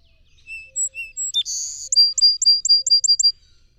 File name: Song Sparrow